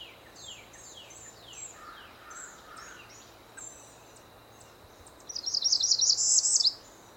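Northern parula giving a loud, buzzy trill near the end, after a series of thin, high, falling chirps, against a steady background hiss.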